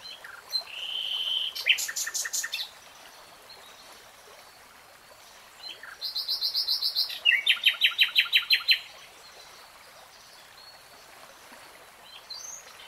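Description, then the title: Nightingale song: two loud phrases of whistles, rattles and rapidly repeated notes separated by a quiet gap. Nightingale singing in real time. "[Tiếng chim hót] 3 Hours REALTIME Nightingale Singing"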